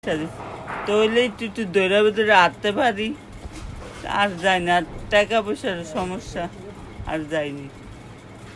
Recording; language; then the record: elicited speech; Bengali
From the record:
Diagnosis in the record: Broca's or global aphasia after a stroke